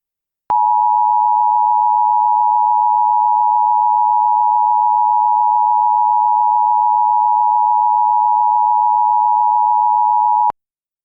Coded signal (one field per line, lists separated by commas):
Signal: Emergency Alert System (SAME) tones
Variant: 853 and 960 Hz attention tone